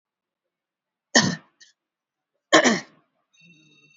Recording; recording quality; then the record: shallow voluntary cough; moderate, slight background noise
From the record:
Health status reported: exposed to COVID-19, no respiratory illness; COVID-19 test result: negative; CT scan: not taken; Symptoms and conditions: cough, sore throat, fever, muscle pain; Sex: male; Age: 26 years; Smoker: no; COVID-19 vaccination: none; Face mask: worn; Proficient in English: yes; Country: India